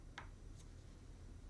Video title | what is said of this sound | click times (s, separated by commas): How to do a Novaloc Denture Conversion | you hear the snap and feel it snap into place and | 0.2 s